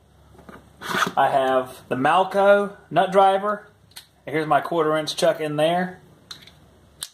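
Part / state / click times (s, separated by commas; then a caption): 1/4 inch bit chuck into nut driver handle / seated / 7.0 s. A 1/4 inch bit chuck is slid into a Malco nut driver handle while someone talks, with a few small handling taps near the end. It slides in and locks into place with a sharp click at 7.0 seconds.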